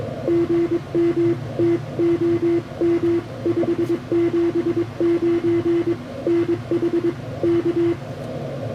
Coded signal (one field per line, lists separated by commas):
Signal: Morse code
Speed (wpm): 22 wpm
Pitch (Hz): 340 Hz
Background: none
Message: GM TOM 579 NHK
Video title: The Battleship North Carolina: An Amazing POTA Activation Like No Other!